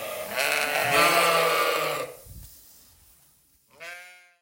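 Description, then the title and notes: Sheep sounds: a loud rough noisy passage, then quiet, and finally one short clear quavering bleat. Sheep in a field. "Ovellas Coens. escoitamos perfectamente as ovellas no campo"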